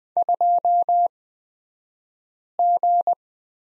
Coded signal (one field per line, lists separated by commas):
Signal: Morse code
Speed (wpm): 20 wpm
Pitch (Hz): 700 Hz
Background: none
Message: 2G